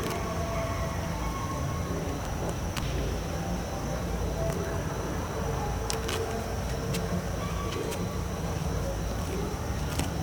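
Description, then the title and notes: Horse grazing: scattered crisp clicks over a steady low rumble, with a thin steady high tone throughout. "Um cavalo pastando a noite num terreno baldio. Data: 01/07/2017 Horário: 19:19"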